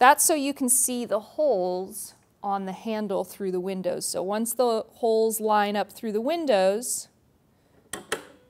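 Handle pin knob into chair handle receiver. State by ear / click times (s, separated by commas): seated / 7.9 s, 8.1 s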